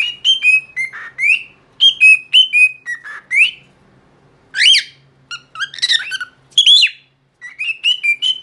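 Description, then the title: Cockatiel whistling a song: clear, rising and falling whistled phrases with short chirps, broken by a brief pause, then more varied warbling notes. One-hour song recording made for training a pet cockatiel. "Canto De 1 Hora Para Treinar Calopsita"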